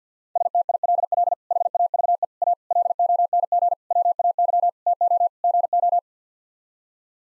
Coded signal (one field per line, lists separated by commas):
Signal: Morse code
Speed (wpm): 45 wpm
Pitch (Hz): 700 Hz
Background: none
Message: STILL HAVE A LONG WAY TO GO